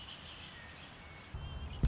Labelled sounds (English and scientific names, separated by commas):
Red-winged Blackbird (Agelaius phoeniceus)